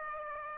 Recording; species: mosquito wingbeat signal from an infrared sensor; Aedes aegypti